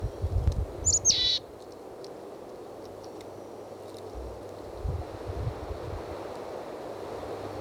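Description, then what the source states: Chickadee giving a brief cluster of high, thin call notes near the start, then quiet with low wind rumble through the rest. Wild chickadee foraging on broken ends and dead twigs low in a ponderosa pine, examining every broken end, in a loose moving flock; slight wind.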